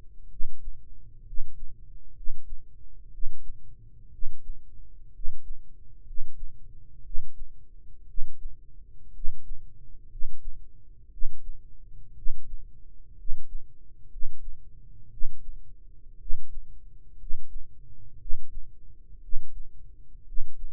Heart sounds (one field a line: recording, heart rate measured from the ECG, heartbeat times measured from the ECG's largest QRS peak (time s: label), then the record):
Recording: heart sounds by microphone in the right ear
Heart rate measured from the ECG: 60 bpm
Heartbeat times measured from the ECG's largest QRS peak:
0.26 s: heartbeat
1.21 s: heartbeat
2.10 s: heartbeat
3.08 s: heartbeat
4.07 s: heartbeat
5.09 s: heartbeat
6.01 s: heartbeat
7.00 s: heartbeat
8.03 s: heartbeat
9.09 s: heartbeat
10.05 s: heartbeat
11.07 s: heartbeat
12.11 s: heartbeat
13.13 s: heartbeat
14.06 s: heartbeat
15.06 s: heartbeat
16.15 s: heartbeat
17.14 s: heartbeat
18.15 s: heartbeat
19.17 s: heartbeat
20.21 s: heartbeat
From the record:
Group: healthy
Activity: cold pressor test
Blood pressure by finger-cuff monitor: 103/50 mmHg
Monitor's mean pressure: 64 mmHg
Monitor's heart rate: 60 bpm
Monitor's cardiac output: 7.4 L/min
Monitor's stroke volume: 121 mL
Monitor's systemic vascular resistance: 610 dyn s/cm5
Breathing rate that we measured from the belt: 16 breaths a minute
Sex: male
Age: 22 years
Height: 185 cm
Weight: 112.4 kg